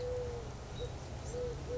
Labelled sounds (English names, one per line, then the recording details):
Eurasian Collared Dove
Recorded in Sonoma County, California